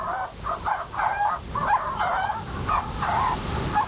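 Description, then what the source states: Prion calls: harsh, honking, rasping notes in short bursts. Prions dig nest burrows, which gives them some protection from predators.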